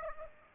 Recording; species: mosquito wingbeat signal from an infrared sensor; Aedes aegypti